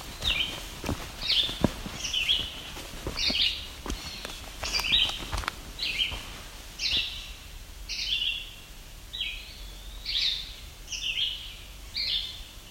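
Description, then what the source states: Yellow-bellied Sapsucker repeating toy-like squeaks about once per second, some notes paired, with a few clicks and rustling underneath. Squeak likened to a rubber toy or squeegee toy.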